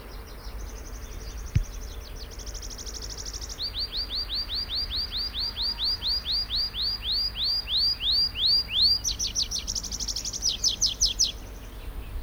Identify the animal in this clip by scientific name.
Anthus trivialis